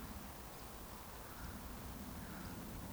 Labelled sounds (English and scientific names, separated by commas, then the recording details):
Eurasian Woodcock (Scolopax rusticola) whistle, Eurasian Woodcock (Scolopax rusticola) chase call
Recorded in Baden-Württemberg, Germany, on 15 June 2020 at 20:39 UTC
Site 14569, 102 m above sea level